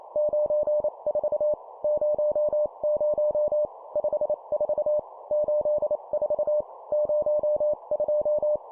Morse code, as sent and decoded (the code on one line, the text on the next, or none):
----. ....- / ----- ----- / ..... ....- / ---.. ....- / ----- ..---
94 00 54 84 02